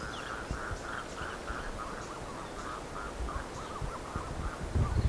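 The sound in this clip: Bird giving short, rapidly repeated arched notes in an even series, several per second, over a hissing background with a few low thumps.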